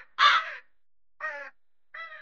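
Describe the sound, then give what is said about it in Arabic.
A crow caws three times with pauses between, the first call loudest and raspiest, the next two shorter and fainter, against a silent background. “واحد منهم على نفس صوت الغراب.”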